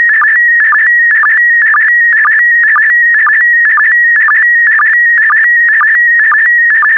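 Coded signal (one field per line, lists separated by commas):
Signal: SSTV (slow-scan television)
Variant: PD120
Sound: warbling, chirping tone around 2 kHz with short low sync blips twice per second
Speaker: get ready starting transmission in 5 4 3 2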